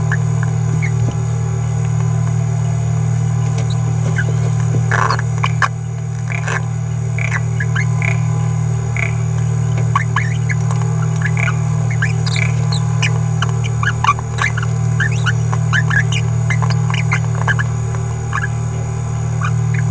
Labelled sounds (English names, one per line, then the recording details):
Green-rumped Parrotlet babbling
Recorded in a nest box in Venezuela
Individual 18B17A3